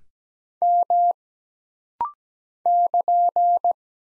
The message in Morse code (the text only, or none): M <KN>